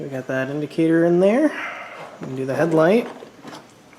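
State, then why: Not seated. Someone talks while handling the headlight bulb's wiring connector at the bulb in the headlight housing of a 2004–2008 Ford F-150 truck, with faint handling noise near the end. The connector has not seated or clicked yet.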